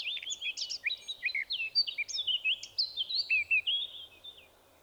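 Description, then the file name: Eurasian blackcap giving a fast, twisting warble of whistled and chattered notes for about four seconds, trailing off at the end. "Sylvia atricapilla"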